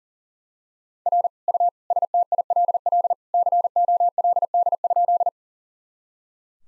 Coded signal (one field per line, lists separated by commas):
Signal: Morse code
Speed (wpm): 40 wpm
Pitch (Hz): 700 Hz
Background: none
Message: R U STILL COLD?